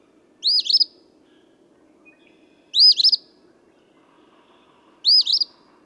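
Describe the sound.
Eastern phoebe repeating its quick, buzzy up-and-down phrase three times at steady intervals of about two and a half seconds.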